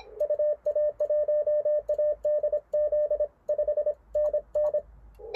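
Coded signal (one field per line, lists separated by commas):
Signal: Morse code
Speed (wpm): 25 wpm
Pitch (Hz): 600 Hz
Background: radio noise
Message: UA1ADZ 5NN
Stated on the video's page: WWFF park activation in the field with an Icom IC-705 QRP transceiver.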